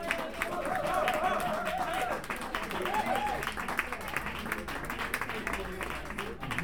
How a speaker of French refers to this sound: Alors, je voudrais que vous applaudissiez un petit peu